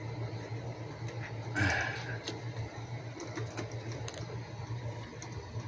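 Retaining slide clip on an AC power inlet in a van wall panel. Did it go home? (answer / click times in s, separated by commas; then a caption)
no / none. A retaining slide clip on the back of a NOCO GCP1 15A AC port plug, mounted in the wall panel of a 2015 Ford Transit 250 van, is handled and slid up toward its locking position. Over a steady low hum come scraping handling sounds and short, sharp ticks near 2.3, 3.2, 4.1, 4.2 and 5.2 seconds. Nothing has locked or seated yet.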